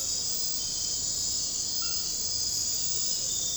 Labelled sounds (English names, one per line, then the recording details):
none
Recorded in secondary vegetation near Puerto Asís, Putumayo, Colombia, on 13 March 2025 at 01:00
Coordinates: 0.502, -76.326
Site G100